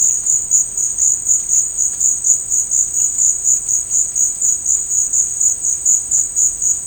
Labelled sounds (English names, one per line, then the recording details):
none
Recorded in dense forest near Puerto Asís, Putumayo, Colombia, on 21 December 2024 at 12:30
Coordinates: 0.481, -76.323
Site G100